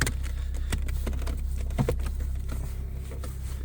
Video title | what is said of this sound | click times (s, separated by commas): FORD MUSTANG HAZARD LIGHTS--TRACTION CONTROL-TRUNK SWITCH NOT WORKING / DIAGNOSE AND FIX.(2010-2014) | push it in until it clicks. | 0.0 s